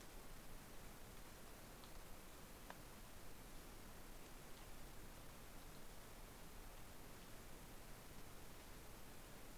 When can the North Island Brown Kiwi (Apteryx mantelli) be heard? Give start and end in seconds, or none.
none